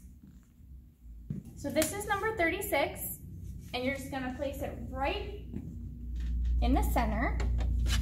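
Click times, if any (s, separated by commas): none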